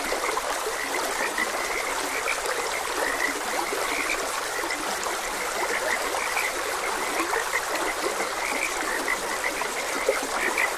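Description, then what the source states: Frogs give quick, repeated chirping croaks, loosely spaced, against continuous flowing water. Frogs croaking beside a gentle stream.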